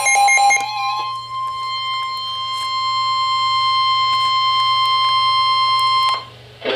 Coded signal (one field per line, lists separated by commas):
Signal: Emergency Alert System (SAME) tones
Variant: 1050 Hz attention tone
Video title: Special Marine Warning - EAS #349